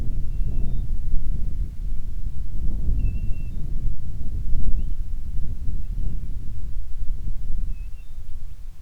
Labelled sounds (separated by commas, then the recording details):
bird, wind
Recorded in the Prudhoe Bay oil fields, Alaska, on 25 July 2019 at 02:13
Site 11